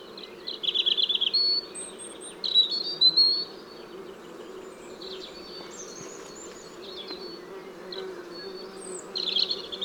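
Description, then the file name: European robin delivering short high warbling phrases, several strophes a few seconds apart, with thin faint notes between over low background noise. "Erithacus rubecula"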